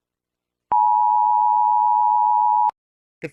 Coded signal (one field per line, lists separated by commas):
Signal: Emergency Alert System (SAME) tones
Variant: 853 and 960 Hz attention tone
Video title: EAS Scenario: The Beginning. [READ DESC]